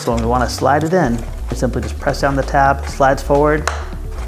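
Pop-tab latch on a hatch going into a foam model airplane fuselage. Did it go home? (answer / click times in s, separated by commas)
no / none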